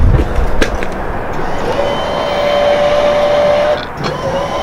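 The front landing gear legs of a fifth wheel RV are extended downward until the spring-loaded steel lock pin clicks into the next hole. A sharp click is heard at 0.6 s, followed by a softer tick, then a steady tonal whine over a constant background hum. The lock pin is seated.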